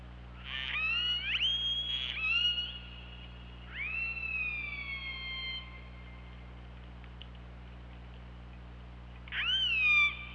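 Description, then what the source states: Orca calls: harmonic pulsed calls with rising then level tones, repeated in three bouts separated by quiet stretches, a steady low hum throughout. Recorded on an OrcaLab hydrophone on 24 August 2017, around 23:36.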